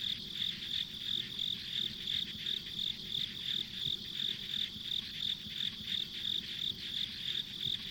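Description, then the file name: Insects chirping, high-pitched pulses repeating about three times a second over a steady high hiss, with a soft low rumble beneath. Ambient insect sounds on a rural country road. "田舎道の虫の環境音"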